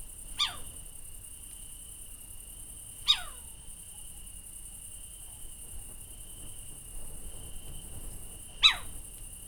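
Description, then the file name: Little owl calls: three sharp, brief notes sweeping steeply downward, spaced several seconds apart, over a steady high insect-like hum and low background rumble. Female. "Sycek obecny samice"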